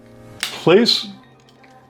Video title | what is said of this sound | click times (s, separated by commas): How To Assemble Raider Gundam Full Mechanics- The Legs. Very Easy レイダーガンダムの脚部フルメカニクス組み立て方。超簡単 | Nice satisfying snap. | 0.4 s